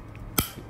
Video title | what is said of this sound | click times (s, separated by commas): Honest Review: Victorinox Rescue Tool. | the blade again this satisfying click the moment you stop hearing the click you know something's wrong with the knife | 0.4 s